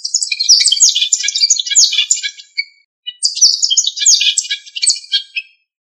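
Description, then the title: Bird giving a very high, rapid jumble of chirps and twittering notes in two bursts of about two and a half seconds each, separated by a short pause. "LuckyPassaros CompletosSama"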